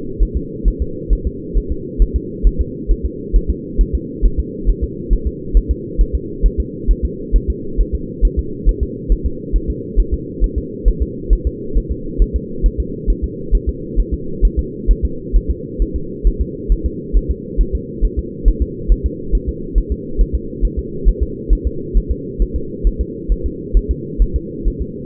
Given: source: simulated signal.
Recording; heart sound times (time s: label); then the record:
fetal heart sounds
0.23 s: S1
0.37 s: S2
0.68 s: S1
0.82 s: S2
1.13 s: S1
1.27 s: S2
1.58 s: S1
1.72 s: S2
2.02 s: S1
2.16 s: S2
2.47 s: S1
2.61 s: S2
2.91 s: S1
3.05 s: S2
3.36 s: S1
3.50 s: S2
3.81 s: S1
3.95 s: S2
4.25 s: S1
4.40 s: S2
4.70 s: S1
4.84 s: S2
5.13 s: S1
5.27 s: S2
5.57 s: S1
5.71 s: S2
6.01 s: S1
6.15 s: S2
6.46 s: S1
6.60 s: S2
6.91 s: S1
7.05 s: S2
7.36 s: S1
7.50 s: S2
7.80 s: S1
7.95 s: S2
8.25 s: S1
8.39 s: S2
8.69 s: S1
8.83 s: S2
9.12 s: S1
9.26 s: S2
9.56 s: S1
9.70 s: S2
10.00 s: S1
10.14 s: S2
10.44 s: S1
10.58 s: S2
10.88 s: S1
11.02 s: S2
11.33 s: S1
11.47 s: S2
11.77 s: S1
11.92 s: S2
12.22 s: S1
12.36 s: S2
12.66 s: S1
12.80 s: S2
13.10 s: S1
13.24 s: S2
13.55 s: S1
13.69 s: S2
14.00 s: S1
14.14 s: S2
14.45 s: S1
14.59 s: S2
14.91 s: S1
15.05 s: S2
15.36 s: S1
15.51 s: S2
15.82 s: S1
15.96 s: S2
16.27 s: S1
16.41 s: S2
16.72 s: S1
16.86 s: S2
17.17 s: S1
17.31 s: S2
17.61 s: S1
17.75 s: S2
18.05 s: S1
18.19 s: S2
18.48 s: S1
18.62 s: S2
18.92 s: S1
19.06 s: S2
19.35 s: S1
19.49 s: S2
19.78 s: S1
19.92 s: S2
20.21 s: S1
20.35 s: S2
20.65 s: S1
20.79 s: S2
21.08 s: S1
21.23 s: S2
21.53 s: S1
21.67 s: S2
21.97 s: S1
22.11 s: S2
22.42 s: S1
22.56 s: S2
22.87 s: S1
23.01 s: S2
23.32 s: S1
23.46 s: S2
23.77 s: S1
23.91 s: S2
24.22 s: S1
24.36 s: S2
24.67 s: S1
24.82 s: S2
From the record:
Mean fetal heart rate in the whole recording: 135 bpm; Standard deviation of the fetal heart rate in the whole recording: 3 bpm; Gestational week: 36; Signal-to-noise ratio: -4.3 dB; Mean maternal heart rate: 72 bpm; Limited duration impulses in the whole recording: absent